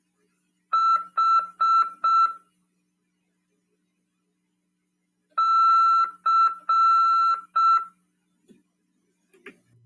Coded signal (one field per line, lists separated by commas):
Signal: Morse code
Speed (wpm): 6 wpm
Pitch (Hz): 1340 Hz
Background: none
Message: H C